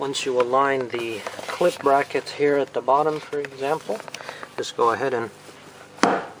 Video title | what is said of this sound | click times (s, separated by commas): R-Spec Seats Installation Guide 2013 Genesis Coupe | down on them and they click into place | 6.0 s